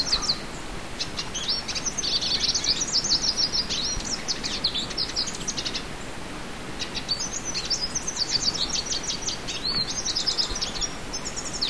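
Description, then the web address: Olivaceous siskin song: long, high, twittering run of rapid buzzy trills and chirps, pausing briefly before a second extended burst, over faint background hiss. South America. "Natures Songs S America Olivaceous Siskin"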